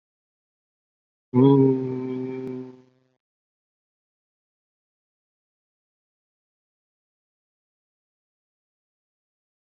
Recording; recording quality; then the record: sustained vowel as in boot; excellent, no background noise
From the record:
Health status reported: COVID-19 positive, moderate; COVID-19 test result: positive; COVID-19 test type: RT-PCR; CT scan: not taken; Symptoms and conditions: breathing difficulty, fatigue, hypertension, diabetes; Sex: male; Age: 42 years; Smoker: yes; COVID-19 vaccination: both doses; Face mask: worn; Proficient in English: no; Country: India